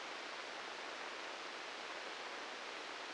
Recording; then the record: brain microelectrode recording played as sound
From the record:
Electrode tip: inside the subthalamic nucleus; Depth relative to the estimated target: -3 mm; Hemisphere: left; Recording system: NeuroSet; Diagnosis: Parkinson's disease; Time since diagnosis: 19 years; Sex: female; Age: 69 years